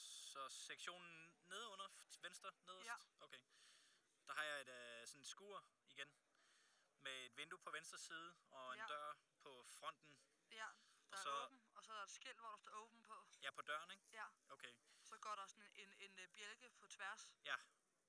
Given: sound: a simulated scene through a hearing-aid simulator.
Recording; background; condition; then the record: conversation; quiet; 65 dB SPL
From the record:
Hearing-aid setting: IV (slow-acting compression, loudness normalization); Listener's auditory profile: D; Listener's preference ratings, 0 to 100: 89, 90, 87